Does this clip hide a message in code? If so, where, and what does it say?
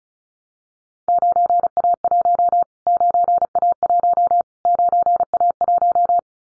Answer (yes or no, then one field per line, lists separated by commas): yes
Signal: Morse code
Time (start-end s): 1.1-6.2 s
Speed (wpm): 34 wpm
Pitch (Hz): 700 Hz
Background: none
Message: 9A1 9A1 9A1